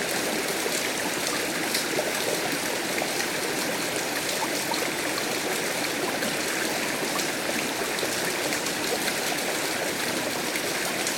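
A stream runs steadily on Mount Ida in Turkey, its rushing water forming a dense, unbroken hiss that stays level throughout. The sound is fairly bright, with fine splashing and trickling detail but no separate events or other background sounds.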